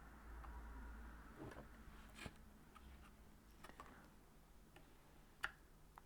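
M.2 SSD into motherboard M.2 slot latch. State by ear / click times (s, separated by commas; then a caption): seated / 5.4 s. An M.2 SSD is slid into its motherboard M.2 slot and pressed down, with soft handling noises and small ticks throughout. The tool-less retention latch clips shut with a sharp click at 5.4 seconds, seating the drive.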